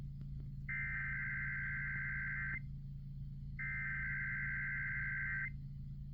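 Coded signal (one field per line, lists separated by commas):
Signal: Emergency Alert System (SAME) tones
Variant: header bursts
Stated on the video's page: EAS test captured at night.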